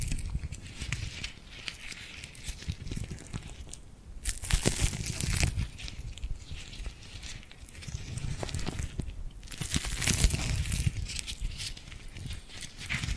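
Tingly sticky hand sounds: hands press together and peel apart in quick, crackling bursts that crinkle and tear. The sticky peeling comes in dense waves, loudest around 4–5 seconds and again near 9–11 seconds, with brief quieter gaps between.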